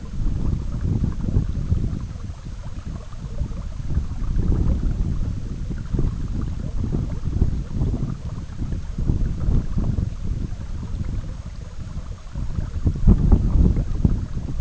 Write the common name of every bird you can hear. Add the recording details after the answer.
none. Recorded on Arctic tundra, site EABA-MC, on 19 June 2019. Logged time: 02:00